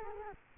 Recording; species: mosquito wingbeat signal from an infrared sensor; Culex quinquefasciatus